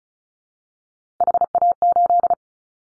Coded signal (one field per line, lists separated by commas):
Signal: Morse code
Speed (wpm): 34 wpm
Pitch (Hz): 700 Hz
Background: none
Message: HA8